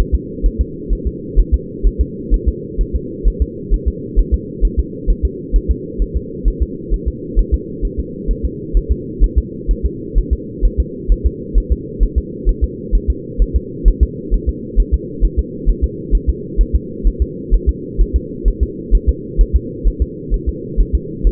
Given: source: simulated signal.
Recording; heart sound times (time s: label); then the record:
fetal heart sounds
0.14 s: S2
0.46 s: S1
0.61 s: S2
0.93 s: S1
1.07 s: S2
1.39 s: S1
1.54 s: S2
1.87 s: S1
2.01 s: S2
2.34 s: S1
2.48 s: S2
2.81 s: S1
2.96 s: S2
3.28 s: S1
3.42 s: S2
3.74 s: S1
3.88 s: S2
4.19 s: S1
4.34 s: S2
4.65 s: S1
4.79 s: S2
5.10 s: S1
5.25 s: S2
5.56 s: S1
5.71 s: S2
6.02 s: S1
6.16 s: S2
6.48 s: S1
6.62 s: S2
6.94 s: S1
7.08 s: S2
7.39 s: S1
7.54 s: S2
7.85 s: S1
7.99 s: S2
8.31 s: S1
8.45 s: S2
8.77 s: S1
8.92 s: S2
9.24 s: S1
9.38 s: S2
9.71 s: S1
9.86 s: S2
10.18 s: S1
10.33 s: S2
10.65 s: S1
10.80 s: S2
11.12 s: S1
11.26 s: S2
11.58 s: S1
11.72 s: S2
12.03 s: S1
12.18 s: S2
12.49 s: S1
12.64 s: S2
12.95 s: S1
13.10 s: S2
13.42 s: S1
13.56 s: S2
13.88 s: S1
14.03 s: S2
14.34 s: S1
14.49 s: S2
14.80 s: S1
14.94 s: S2
15.25 s: S1
15.39 s: S2
15.69 s: S1
15.84 s: S2
16.15 s: S1
16.29 s: S2
16.61 s: S1
16.75 s: S2
17.07 s: S1
17.22 s: S2
17.54 s: S1
17.69 s: S2
18.01 s: S1
18.16 s: S2
18.48 s: S1
18.63 s: S2
18.95 s: S1
19.09 s: S2
19.41 s: S1
19.56 s: S2
19.88 s: S1
20.02 s: S2
20.34 s: S1
20.49 s: S2
20.80 s: S1
20.95 s: S2
21.27 s: S1
From the record:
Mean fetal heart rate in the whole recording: 130 bpm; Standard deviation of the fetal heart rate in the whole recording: 2 bpm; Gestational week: 36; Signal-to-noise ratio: -4.1 dB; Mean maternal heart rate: no maternal heart sound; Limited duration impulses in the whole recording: absent